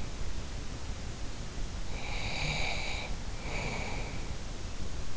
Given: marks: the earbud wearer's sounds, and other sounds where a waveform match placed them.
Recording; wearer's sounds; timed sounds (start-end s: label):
sounds in sleep by an in-ear microphone; breath
1.90-4.43 s: breath